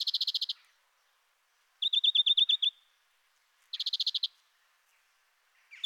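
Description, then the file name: European greenfinch song of fast rattling trills, each lasting half a second to a second and separated by pauses of about a second or more, repeated several times. "Groenling"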